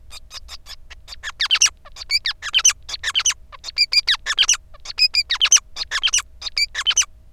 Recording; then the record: song of a male Bengalese finch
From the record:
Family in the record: son of father 5